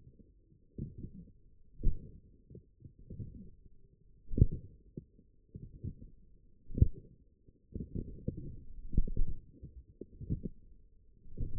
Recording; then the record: forearm muscle sounds (acoustic myography)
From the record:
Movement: forearm pronation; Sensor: system 1, eight BSWA MPA416 microphones around the upper forearm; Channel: 7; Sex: male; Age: 42 years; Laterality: right